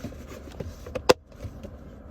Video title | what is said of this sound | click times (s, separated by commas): 2012 Kia Optima Wiper Switch Replacement - DIY Steering Column Repair | You'll hear all the snaps. | 1.1 s